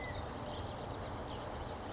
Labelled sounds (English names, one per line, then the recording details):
California Towhee
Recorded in Sonoma County, California